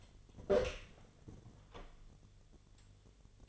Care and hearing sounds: daily activity, microphone in the room; open door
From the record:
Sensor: 4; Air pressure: 1008.0 hPa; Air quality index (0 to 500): 185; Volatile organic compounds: 6 ppm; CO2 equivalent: 1849 ppm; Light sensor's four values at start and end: 24/77/29/29 and 23/74/28/27

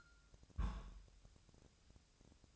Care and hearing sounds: daily activity, microphone in the room; place on stove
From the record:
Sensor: 2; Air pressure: 999.1 hPa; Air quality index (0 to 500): 197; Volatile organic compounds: 28 ppm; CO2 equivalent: 2916 ppm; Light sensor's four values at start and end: 6/15/6/6 and 6/15/6/6

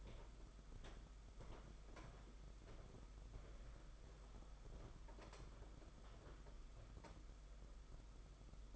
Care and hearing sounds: daily activity, microphone in the room; walk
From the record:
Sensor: 5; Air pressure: 991.8 hPa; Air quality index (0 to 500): 159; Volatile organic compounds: 289 ppm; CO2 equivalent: 4457 ppm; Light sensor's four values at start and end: 32/108/40/43 and 32/108/40/43

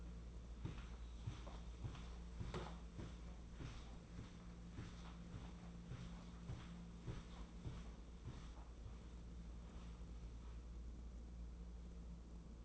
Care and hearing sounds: daily activity, microphone in the room; walk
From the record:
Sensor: 1

